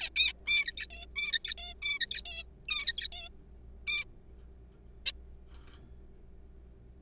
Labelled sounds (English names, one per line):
Zebra Finch